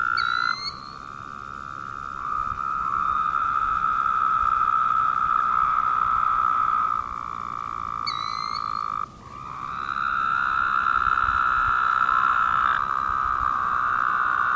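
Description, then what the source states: Woodhouse's toad chorus of continuous buzzy trills as callers overlap, broken by brief high chirps at the start and midway. More than one toad.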